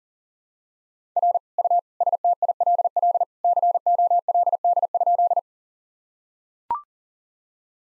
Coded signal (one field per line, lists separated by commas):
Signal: Morse code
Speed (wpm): 39 wpm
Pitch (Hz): 700 Hz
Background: none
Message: R U STILL COLD?